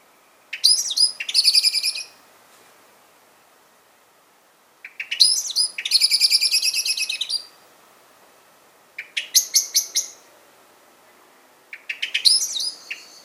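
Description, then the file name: Common blackbird giving hard, chattering rattles in several bursts separated by pauses. "Turdus merula"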